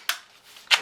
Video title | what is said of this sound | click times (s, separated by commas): ASUS Vulcan ANC Active Noise Canceling Gaming Headset Unboxing & First Look Linus Tech Tips | once they've snapped into place that's actually not that easy to accidentally move them | 0.1 s